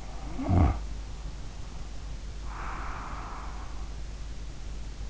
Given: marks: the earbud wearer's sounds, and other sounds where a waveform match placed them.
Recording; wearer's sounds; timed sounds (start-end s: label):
sounds in sleep by an in-ear microphone; snoring breath, breath
0.00-0.87 s: snoring breath
2.50-3.93 s: breath